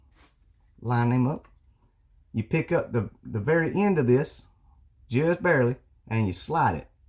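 A fretboard is lifted slightly at its very end and slid along a fret-slotting saw jig toward the next index position while someone talks. No snap or lock is heard, and nothing has seated or clicked yet.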